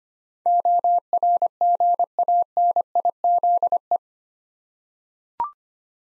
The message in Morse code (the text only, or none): ORGANIZE